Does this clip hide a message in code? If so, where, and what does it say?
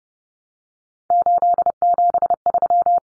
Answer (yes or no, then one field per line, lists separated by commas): yes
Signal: Morse code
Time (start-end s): 1.1-3.0 s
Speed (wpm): 30 wpm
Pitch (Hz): 700 Hz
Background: none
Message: 873